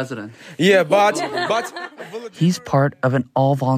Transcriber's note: laughter